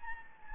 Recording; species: mosquito wingbeat signal from an infrared sensor; Anopheles gambiae